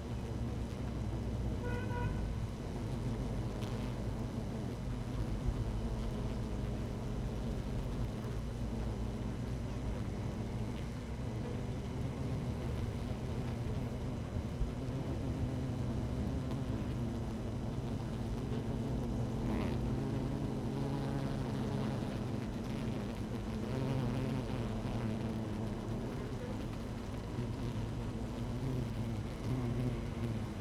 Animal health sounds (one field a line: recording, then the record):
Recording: honeybee colony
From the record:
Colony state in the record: active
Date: 12 June 2018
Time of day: 13:51